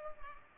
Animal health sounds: mosquito wingbeat signal from an infrared sensor; Culex pipiens

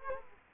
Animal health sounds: mosquito wingbeat signal from an infrared sensor; Culex quinquefasciatus

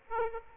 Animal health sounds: mosquito wingbeat signal from an infrared sensor; Aedes aegypti

